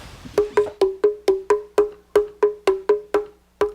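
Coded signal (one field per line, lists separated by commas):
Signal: talking drum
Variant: slit drum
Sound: about twelve steady hollow wooden drum strokes at one pitch, brief pause, another stroke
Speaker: another way the people in an that community is with a talking drum by beating the drum a certain way you can send a message that will be heard throughout the village and up in the mountains it works a little like Morse code when I want to call a women's group together again on the drum starts to knock it and you can really say whatever you want using the drum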